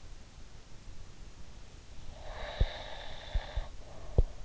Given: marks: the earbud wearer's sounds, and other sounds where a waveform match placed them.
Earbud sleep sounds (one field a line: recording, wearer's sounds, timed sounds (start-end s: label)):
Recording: sounds in sleep by an in-ear microphone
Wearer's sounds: breath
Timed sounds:
2.13-4.28 s: breath